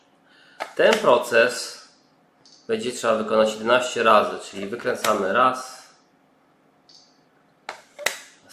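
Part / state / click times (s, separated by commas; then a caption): calibration attachment rotating on the intraoral scanner camera tip / seated / 8.1 s. Someone talks while the calibration sleeve on the camera tip of a Cerec Omnicam intraoral scanner is turned one more step in an eleven-step calibration. A sharp click at 8.1 s marks the sleeve seating into its next detent, one of eleven clicks counted.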